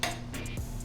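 A release button is pressed on a KAC Overdrive Sports K2 hitch-mounted e-bike rack, used with a Lectric XP. A single sharp click at 0.0 s marks the tilt/fold latch letting go, with music playing underneath. The rack is released so it can be folded up.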